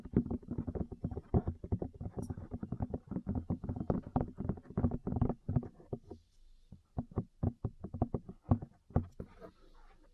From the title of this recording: Ear Cleaning, Massage, Cupping, Tapping